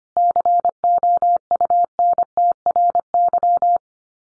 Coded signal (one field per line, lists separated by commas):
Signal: Morse code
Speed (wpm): 25 wpm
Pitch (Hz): 700 Hz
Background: none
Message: COUNTRY